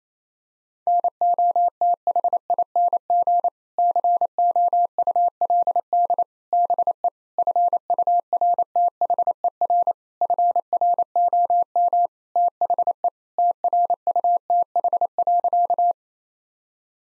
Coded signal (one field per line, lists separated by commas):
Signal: Morse code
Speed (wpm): 28 wpm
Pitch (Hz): 700 Hz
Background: none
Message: NOTHING COULD BE FURTHER FROM THE TRUTH.